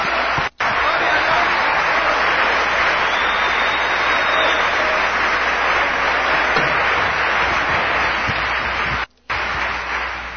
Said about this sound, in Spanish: Un aplauso fuerte.